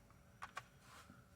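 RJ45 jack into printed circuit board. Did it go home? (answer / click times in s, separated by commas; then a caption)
yes / 0.4 s, 0.6 s. An RJ45 jack is pushed with a lot of pressure into its slot on a printed circuit board. Two sharp clicks are heard at 0.4 s and 0.6 s as the jack seats fully home in the board.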